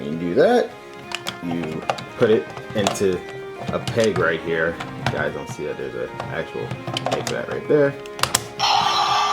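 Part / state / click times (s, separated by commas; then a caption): toy lock seed into transformation belt buckle / seated / 8.2 s, 8.4 s. A plastic lock seed for the orange arms transformation is pushed onto the peg on a DX Sengoku Driver toy transformation belt buckle while music plays and someone talks. Two sharp clicks at 8.2 s and 8.4 s mark the lock seed seating and locking into place.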